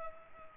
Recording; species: mosquito wingbeat signal from an infrared sensor; Culex pipiens